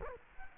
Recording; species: mosquito wingbeat signal from an infrared sensor; Culex quinquefasciatus